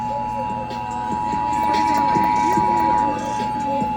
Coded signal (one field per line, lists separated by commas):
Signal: Emergency Alert System (SAME) tones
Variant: 853 and 960 Hz attention tone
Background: speech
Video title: severe weather EAS compilation EAS alerts from #4045 - #4081